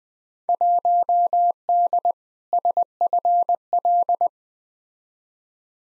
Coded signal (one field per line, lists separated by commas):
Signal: Morse code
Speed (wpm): 20 wpm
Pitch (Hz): 700 Hz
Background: none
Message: 1D SFL